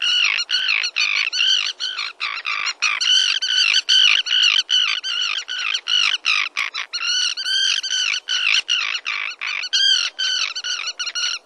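Common tern calls: a dense run of harsh, rasping notes repeated rapidly through the whole stretch.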